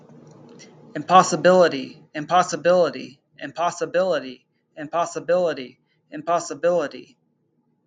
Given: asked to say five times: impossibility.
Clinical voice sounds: repeated word; male; 20 to 29 years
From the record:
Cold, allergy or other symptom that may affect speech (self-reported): no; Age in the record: 29 years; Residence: California, United States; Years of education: 15

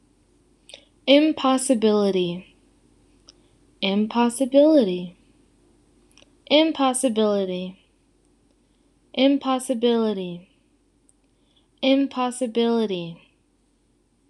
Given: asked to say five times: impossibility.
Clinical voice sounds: repeated word; female; 20 to 29 years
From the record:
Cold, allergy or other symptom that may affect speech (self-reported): no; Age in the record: 21 years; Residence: Illinois, United States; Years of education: 16

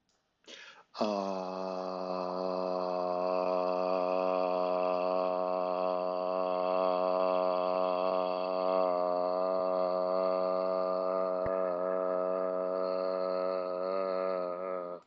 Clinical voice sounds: vowel held as long as possible; male; 50 to 59 years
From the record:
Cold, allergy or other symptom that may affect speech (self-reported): no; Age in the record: 57 years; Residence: Mississippi, United States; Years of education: 16

